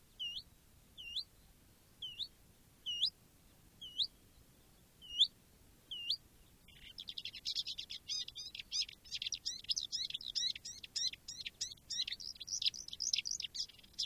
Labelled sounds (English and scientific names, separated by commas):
Marsh Warbler (Acrocephalus palustris)